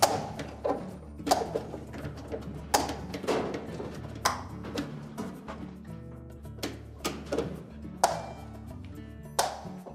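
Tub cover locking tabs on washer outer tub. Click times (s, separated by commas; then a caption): 0.0 s, 2.8 s, 4.3 s, 8.0 s, 9.4 s. A plastic tub cover is pushed down onto the outer tub of a GE washer (outer tub part WH45X20473) until its locking tabs snap into place. Sharp thumps are heard at 0.0, 2.8, 4.3, 8.0 and 9.4 seconds over a steady background hum, as all the tabs pop home and the cover is seated.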